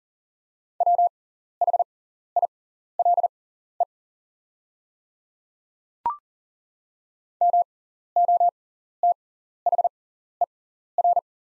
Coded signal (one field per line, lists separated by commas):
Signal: Morse code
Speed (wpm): 40 wpm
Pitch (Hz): 700 Hz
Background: none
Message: WHILE MOTHER